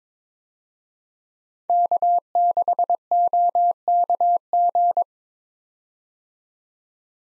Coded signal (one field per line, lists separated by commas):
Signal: Morse code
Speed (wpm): 22 wpm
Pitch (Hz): 700 Hz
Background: none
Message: K6OKG